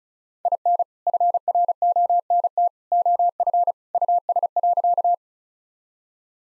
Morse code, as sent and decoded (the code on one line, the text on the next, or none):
.. -. / ..-. .-. --- -. - / --- ..-. / ..- ... .-.-.-
IN FRONT OF US.